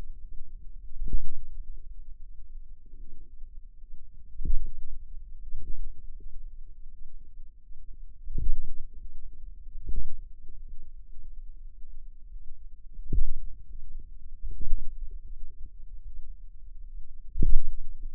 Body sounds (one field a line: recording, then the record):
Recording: forearm muscle sounds (acoustic myography)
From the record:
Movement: pen grasping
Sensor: system 2, bracelet of six BSWA MPA416 microphones around the upper forearm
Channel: 5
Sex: female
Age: 23 years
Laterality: right